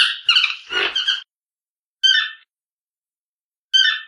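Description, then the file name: Toucan giving a rough, jumbled burst of croaking notes, then two separate hoarse, nasal calls spaced well apart. "Sonido del Tucán"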